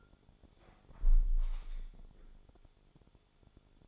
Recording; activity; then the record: daily activity, microphone in the room; close window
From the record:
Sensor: 5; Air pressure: 1015.0 hPa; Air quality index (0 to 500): 100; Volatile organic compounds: 2 ppm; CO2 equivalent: 1068 ppm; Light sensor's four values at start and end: 35/80/32/31 and 35/80/32/31